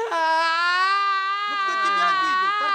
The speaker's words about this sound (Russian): Что? Что случилось-то? Ты чего ревешь?